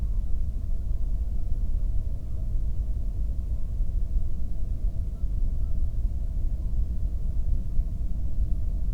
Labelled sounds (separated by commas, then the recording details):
bird
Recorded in the Prudhoe Bay oil fields, Alaska, on 22 May 2019 at 00:57
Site 19